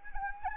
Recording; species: mosquito wingbeat signal from an infrared sensor; Anopheles arabiensis